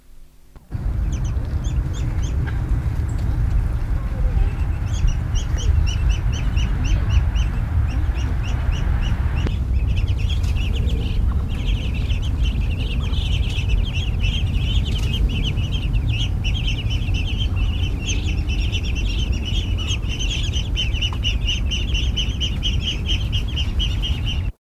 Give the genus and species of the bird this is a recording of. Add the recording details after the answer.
Cairina moschata. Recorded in captivity. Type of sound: call. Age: immature. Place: Zoo Heidelberg, Baden-Württemberg, DE. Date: 1969-10-06. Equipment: Halbspur, 9,5 cm/s. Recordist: Lütgens, Hans. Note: Halbflügge Moschusenten